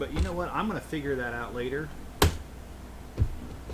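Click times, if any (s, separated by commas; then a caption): 2.2 s. A plastic building brick that had been giving trouble is pressed onto a large Lego 910013 Retro Bowling Alley brick model while someone talks. It finally snaps into place with one sharp, loud click at 2.2 s, and the part is seated.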